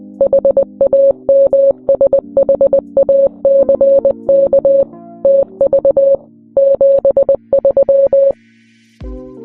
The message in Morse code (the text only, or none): HAMSHACKTV 73